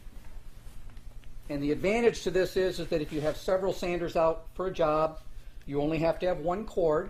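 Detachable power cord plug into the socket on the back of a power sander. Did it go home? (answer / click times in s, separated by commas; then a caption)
yes / 1.2 s. A detachable quick-release power cord plug is pushed into the socket on the back of a Festool DX 93 E delta sander, a design that lets one cord serve several sanders. A few faint taps come before a short, clear click at 1.2 s as the plug seats, and then someone talks.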